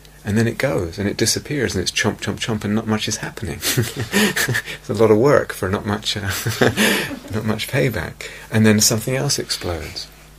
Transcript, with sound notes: And then it goes, and it disappears, and it's chomp chomp chomp, and not much is happening. [laughs] A lot of work for not much payback. And then something else explodes.